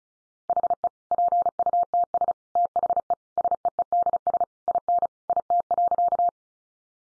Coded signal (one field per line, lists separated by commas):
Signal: Morse code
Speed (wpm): 34 wpm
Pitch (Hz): 700 Hz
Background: none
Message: HE PUTS THE SEEDS IN IT.